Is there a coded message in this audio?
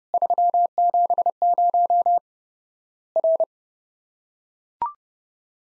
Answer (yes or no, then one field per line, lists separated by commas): yes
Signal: Morse code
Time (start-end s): 0.1-3.4 s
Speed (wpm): 30 wpm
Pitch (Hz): 700 Hz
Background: none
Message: 370 R